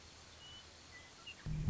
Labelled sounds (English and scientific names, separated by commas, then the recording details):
Western Meadowlark (Sturnella neglecta)
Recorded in Sonoma County, California